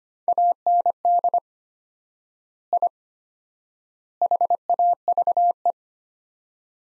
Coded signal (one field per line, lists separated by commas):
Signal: Morse code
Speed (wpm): 25 wpm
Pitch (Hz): 700 Hz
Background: none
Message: AND I HAVE